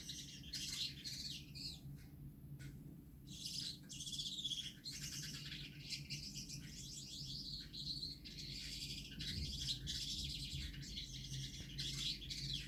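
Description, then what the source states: Gouldian finch song: rapid high buzzes and squeaks in runs with brief pauses, a low mechanical hum running underneath. Male singing.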